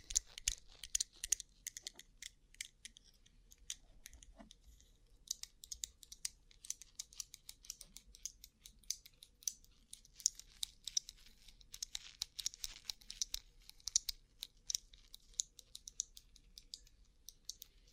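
Rhinestone-covered surface tapped in quick, irregular bursts of bright clicky taps throughout, with brief pauses and a faint low hum underneath.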